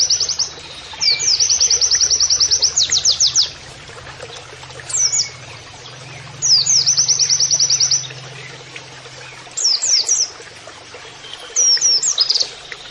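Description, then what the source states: White-eye song in several bursts of rapid high trills and sweeping notes, separated by pauses. Training audio of a vigorously singing white-eye with canary-like song phrases.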